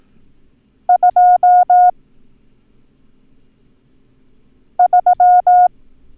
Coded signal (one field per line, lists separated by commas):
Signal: Morse code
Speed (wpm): 18 wpm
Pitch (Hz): 720 Hz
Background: none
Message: 23